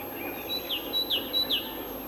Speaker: Это песня большой синицы.